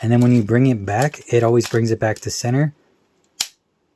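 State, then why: Seated. Someone talks, then the split plastic leg section of a transforming toy robot is brought back together to its center position and snaps into place with a sharp click at 3.4 s. The leg assembly locks at center.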